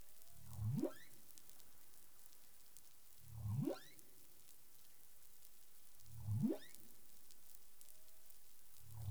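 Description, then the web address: Humpback whale sounds underwater: low upsweeping whoops rising steeply in pitch, repeated about every three seconds, with faint short tonal notes between some of them over a hissing background. Recorded 20 April 2021 at 03:56 UTC, underwater. "humpback whale 20210420 035642 UTC"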